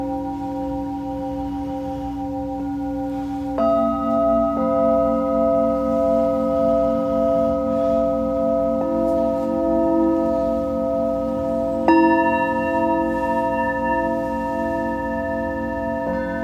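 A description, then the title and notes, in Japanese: Tibetan singing bowls ring in a steady, layered drone, their long sustained tones overlapping with a slow pulsing shimmer. New bowls are struck at about 4, 9 and 12 seconds, each adding a fresh, brighter tone as the earlier ones keep ringing beneath. 夜のメキシコからサウンドヒーリングライブ。チベタンシンギングボウル。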